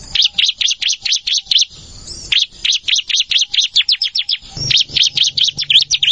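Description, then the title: Plain prinia song, fast series of high chipping notes in bursts, with a short gap near two seconds and a faint low hum later. "Ciblek Sawah"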